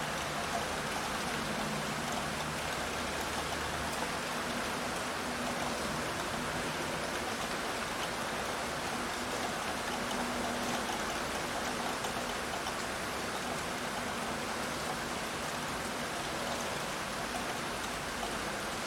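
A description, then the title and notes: Steady, dense rain hisses evenly throughout, with a faint low hum running underneath and no distinct individual drops standing out. Raining Sounds for Sleeping Soft ASMR.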